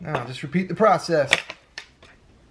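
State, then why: Seated. A ceiling fan blade is fitted onto its quick-connect mount on the motor hub and pulled until it locks. Someone talks, then one crisp snap comes at 1.8 s as the blade seats into place.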